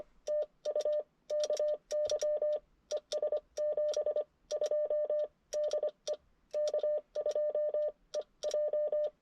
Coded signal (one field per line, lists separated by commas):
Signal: Morse code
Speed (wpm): 24 wpm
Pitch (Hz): 600 Hz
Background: none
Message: TU KY ES 72 DE K2EJ